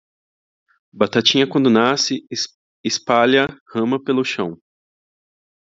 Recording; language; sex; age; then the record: short text; Brazilian Portuguese; male; 20 to 29 years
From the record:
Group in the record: control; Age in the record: 27 years